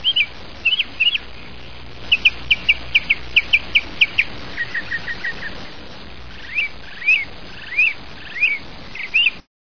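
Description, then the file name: Mockingbird song of varied phrases: quick repeated sharp chips, then a run of lower buzzy notes, then spaced rising-falling whistled notes, over faint background hiss. "mocker call"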